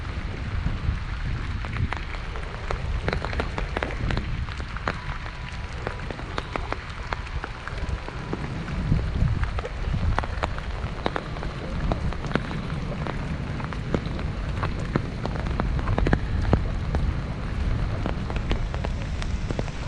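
Rain falls steadily while someone walks through Central Park in New York, a dense, even patter with frequent sharp drop hits scattered throughout. A low rumble underlies the whole clip, swelling a little around the middle, and the overall level stays fairly constant.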